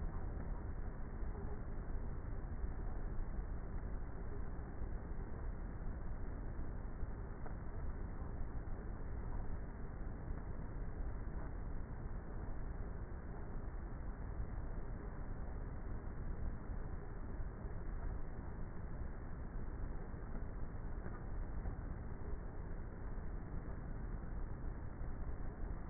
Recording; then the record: honeybee colony, microphone inside the hive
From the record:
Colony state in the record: queenless with a low population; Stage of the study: before two queens were removed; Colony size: about 30,000 bees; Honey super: no